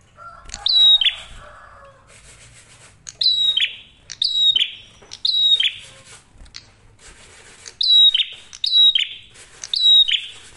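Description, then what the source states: Prinia song in short, bright chirp bursts with gaps between groups; each burst drops quickly and ends in a buzzy trill. Masteran tutor audio of prenjak merah for training songbirds; singing actively with a clear voice; said to make other prinias call within five seconds.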